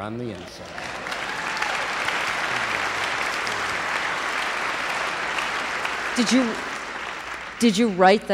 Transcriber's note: applause